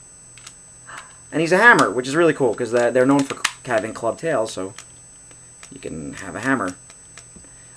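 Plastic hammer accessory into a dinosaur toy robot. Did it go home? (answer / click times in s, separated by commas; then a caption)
yes / 7.2 s. A plastic hammer accessory is pushed onto an ankylosaurus toy robot while someone talks, and it snaps into place with a short click at 7.2 s. Once seated, the hammer no longer wobbles.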